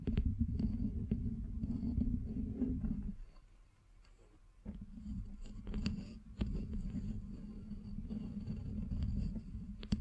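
Scratching and tracing across a surface make a dense, low, rumbling rub that runs steadily, breaking off into near silence for about a second and a half around the third second. Sharp taps and clicks cut through at irregular moments, clustered near the sixth second.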